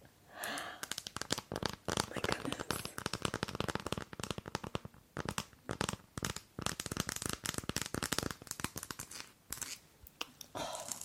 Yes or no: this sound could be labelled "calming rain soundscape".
no